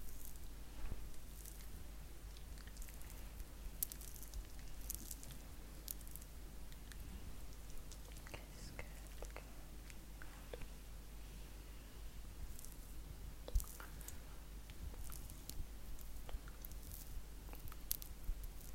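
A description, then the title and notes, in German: Soft trigger sounds from a face massage: quiet squishy, rustling touches and brief taps scattered throughout, with sharper bright clicks around 4, 13 and 16 seconds. A low steady hum sits underneath, and the level stays low and even. Face massage (skincare, personal attention).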